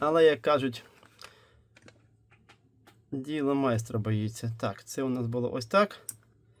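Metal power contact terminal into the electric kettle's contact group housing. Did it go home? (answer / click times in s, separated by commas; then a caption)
no / none. During a repair of a Philips Avance Collection smart electric kettle, the repaired metal power contact terminal is handled at its seat in the kettle's plastic contact group housing while someone talks. A few faint, short ticks of handling are heard between the speech, around 1.1 to 1.9 seconds and again near 6.2 seconds. Nothing has seated or clicked into place yet.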